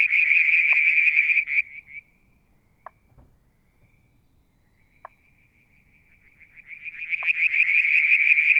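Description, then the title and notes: Frog chorus of rapid pulsed trills that fades out after two seconds, leaves near silence with a few soft clicks, then builds again near the end. Striped marsh frog, Verreaux's tree frog and an unidentified frog; Mount Wilson, New South Wales, Australia; July 2022; evening, near a water tank. "Frog song, Mount Wilson, New South Wales, Australia in July 2022. Limnodynastes Peronii, Litoria Verreauxii and a mystery frog one evening near the water tank"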